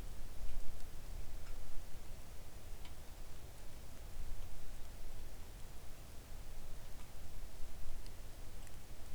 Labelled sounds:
rain
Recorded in the Arctic National Wildlife Refuge, Alaska, on 3 August 2019 at 05:55
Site 41

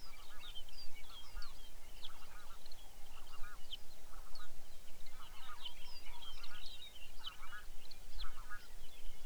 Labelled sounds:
songbird
waterfowl
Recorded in the Arctic National Wildlife Refuge, Alaska, on 23 May 2019 at 05:44
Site 49

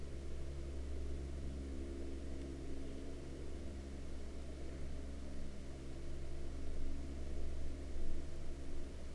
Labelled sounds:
aircraft
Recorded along the Dempster Highway, Canada, on 9 September 2020 at 18:42
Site 11

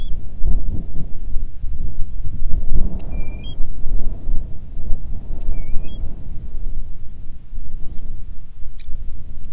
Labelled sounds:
bird
wind
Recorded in the Prudhoe Bay oil fields, Alaska, on 10 July 2019 at 09:49
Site 11

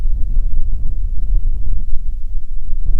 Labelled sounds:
bird
wind
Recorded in the Prudhoe Bay oil fields, Alaska, on 6 June 2019 at 04:38
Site 16

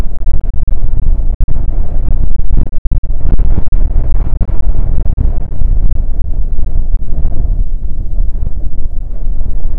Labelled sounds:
wind
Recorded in the Arctic National Wildlife Refuge, Alaska, on 20 June 2019 at 00:30
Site 44

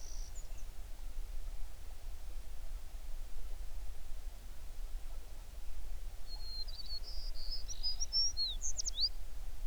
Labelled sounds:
songbird
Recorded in the Prudhoe Bay oil fields, Alaska, on 11 June 2019 at 05:35
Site 21

